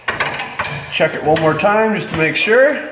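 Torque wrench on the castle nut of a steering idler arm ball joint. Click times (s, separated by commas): 0.1 s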